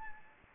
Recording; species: mosquito wingbeat signal from an infrared sensor; Anopheles gambiae